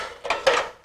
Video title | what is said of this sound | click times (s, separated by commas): Old Vintage Classic TV Television Programs Commercials WNN 2-3-99 DC expo 7-6-99 & 9-9-99 & 10-4-99 | let it down. It locks into place | 0.5 s